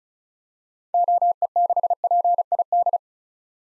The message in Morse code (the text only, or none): OE6PID